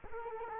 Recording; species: mosquito wingbeat signal from an infrared sensor; Culex quinquefasciatus